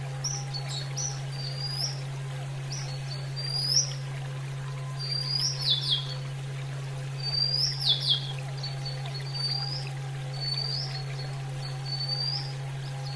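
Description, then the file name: Oriental magpie-robin song: clear whistled notes and short rising and falling slurs, given in loose phrases with pauses, over a steady low electrical hum. Female bird; Indonesian name kacer betina. "terapi alam kacer betina"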